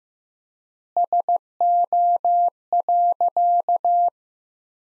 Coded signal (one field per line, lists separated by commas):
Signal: Morse code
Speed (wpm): 16 wpm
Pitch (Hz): 700 Hz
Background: none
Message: SO.